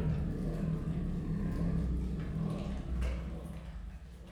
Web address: allathangok miskolcizoo 2018 professzionalis sziberiai tigris morogvahorogveesznek miskolczoo